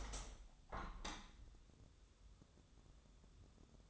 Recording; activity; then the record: daily activity, microphone in the room; open window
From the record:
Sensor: 3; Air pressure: 1014.9 hPa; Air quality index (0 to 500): 58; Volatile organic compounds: 1 ppm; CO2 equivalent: 770 ppm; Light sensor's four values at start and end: 9/22/9/9 and 10/22/9/9